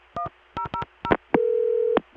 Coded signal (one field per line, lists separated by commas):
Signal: DTMF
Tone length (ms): 90 ms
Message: 1000